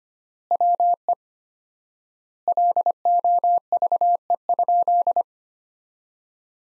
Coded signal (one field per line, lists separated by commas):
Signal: Morse code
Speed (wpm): 25 wpm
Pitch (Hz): 700 Hz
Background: none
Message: WE LOVE?